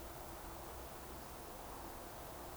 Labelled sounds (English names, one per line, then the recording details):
Eurasian Woodcock whistle
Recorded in Baden-Württemberg, Germany, on 29 June 2020 at 02:34 UTC
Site 43791, 788 m above sea level